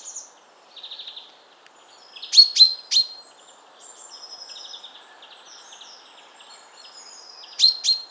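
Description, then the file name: Common chaffinch: a brief high twitter, then loud sharp notes near the middle and again at the end, with soft high chirps between. "Fringilla coelebs"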